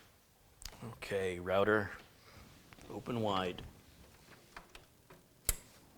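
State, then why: Seated. Someone talks while an ethernet cable plug is pushed into a router/computer network port, with a few faint ticks in between. A single sharp click at 5.5 s marks the cable seating in the port.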